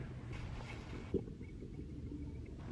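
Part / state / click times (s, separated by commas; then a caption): crankshaft rear main seal into engine block seal housing / not seated / none. A replacement rear main seal for a 2004 Yukon 1500 is slid over the crankshaft and pushed on at the back of the engine toward the engine block seal housing, heard as handling noise over a steady low rumble with a brief knock at 1.2 s. Nothing has seated or clicked yet.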